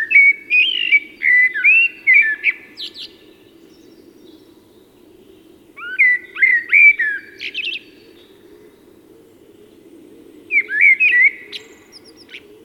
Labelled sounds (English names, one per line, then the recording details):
Common Blackbird song
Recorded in the wild
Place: Schorfheide, Brandenburg, DE
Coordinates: 52.907, 13.531
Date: 1989-04-16 08:05
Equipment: Nagra III BH, Sennheiser MD 21, parabola
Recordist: Schubert, Michael
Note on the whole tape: Gesang Amsel